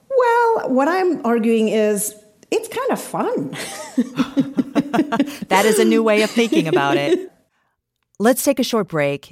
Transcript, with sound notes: Well, what I'm arguing is it's kind of fun.
(LAUGHTER)
That is a new way of thinking about it. Let's take a short break.